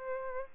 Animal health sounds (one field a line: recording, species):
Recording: mosquito wingbeat signal from an infrared sensor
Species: Aedes albopictus